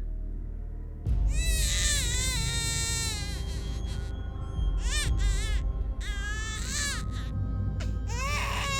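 A baby, struck in the face by a large stone, shrieks and wails in loud, high-pitched bursts, several long cries rising and bending in pitch with short gaps between them, over a low rumbling background.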